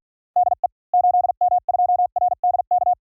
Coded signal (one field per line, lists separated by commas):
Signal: Morse code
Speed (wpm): 48 wpm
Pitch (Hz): 720 Hz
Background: none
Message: DE 8M2RDK